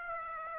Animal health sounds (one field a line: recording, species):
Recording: mosquito wingbeat signal from an infrared sensor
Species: Aedes aegypti